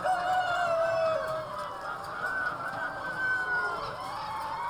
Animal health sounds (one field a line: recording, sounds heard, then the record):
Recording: poultry house recording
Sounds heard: healthy chickens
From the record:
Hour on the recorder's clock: 3